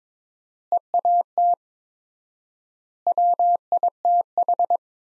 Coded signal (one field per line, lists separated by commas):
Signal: Morse code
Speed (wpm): 21 wpm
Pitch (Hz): 700 Hz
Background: none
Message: EAT WITH